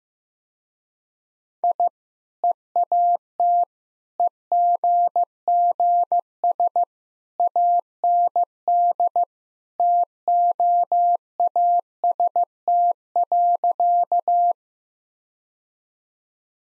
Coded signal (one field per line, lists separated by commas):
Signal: Morse code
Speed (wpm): 15 wpm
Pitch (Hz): 700 Hz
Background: none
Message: I EAT EGGS AND TOAST.